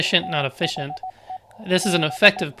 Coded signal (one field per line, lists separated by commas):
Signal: Morse code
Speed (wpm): 18 wpm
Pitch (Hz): 750 Hz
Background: speech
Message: THE B